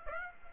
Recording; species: mosquito wingbeat signal from an infrared sensor; Aedes aegypti